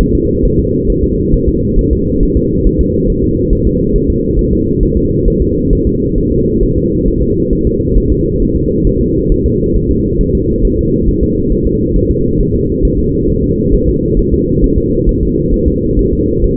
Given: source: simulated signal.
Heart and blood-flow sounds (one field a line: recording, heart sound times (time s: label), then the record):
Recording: fetal heart sounds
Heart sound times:
0.01 s: S1
0.15 s: S2
0.45 s: S1
0.60 s: S2
0.90 s: S1
1.04 s: S2
1.34 s: S1
1.49 s: S2
1.79 s: S1
1.93 s: S2
2.23 s: S1
2.37 s: S2
2.67 s: S1
2.81 s: S2
3.10 s: S1
3.24 s: S2
3.53 s: S1
3.67 s: S2
3.96 s: S1
4.10 s: S2
4.39 s: S1
4.53 s: S2
4.83 s: S1
4.97 s: S2
5.28 s: S1
5.42 s: S2
5.73 s: S1
5.87 s: S2
6.18 s: S1
6.32 s: S2
6.63 s: S1
6.77 s: S2
7.08 s: S1
7.22 s: S2
7.53 s: S1
7.67 s: S2
7.97 s: S1
8.12 s: S2
8.42 s: S1
8.56 s: S2
8.87 s: S1
9.01 s: S2
9.32 s: S1
9.46 s: S2
9.76 s: S1
9.91 s: S2
10.21 s: S1
10.35 s: S2
10.65 s: S1
10.79 s: S2
11.09 s: S1
11.23 s: S2
11.52 s: S1
11.67 s: S2
11.96 s: S1
12.10 s: S2
12.41 s: S1
12.55 s: S2
12.85 s: S1
12.99 s: S2
13.30 s: S1
13.44 s: S2
13.75 s: S1
13.89 s: S2
14.19 s: S1
14.34 s: S2
14.64 s: S1
14.78 s: S2
15.09 s: S1
15.23 s: S2
15.54 s: S1
15.68 s: S2
15.99 s: S1
16.13 s: S2
16.44 s: S1
From the record:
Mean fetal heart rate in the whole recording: 135 bpm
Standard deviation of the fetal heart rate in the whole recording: 3 bpm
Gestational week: 36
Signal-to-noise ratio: -10.2 dB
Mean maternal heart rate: 72 bpm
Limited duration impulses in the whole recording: present